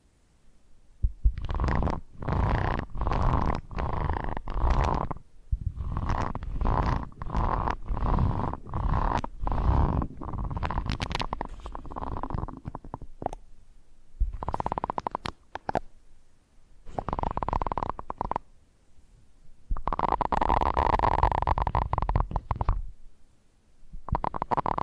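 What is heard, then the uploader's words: Ear scratching, heard as rough, scraping bursts that come in quick repeated strokes through the first half, each a second or less, with short silences between. Later the strokes grow longer and more spaced, including a sustained rasping stretch around twenty seconds, with a low rumbling texture underneath. Ear Scratching.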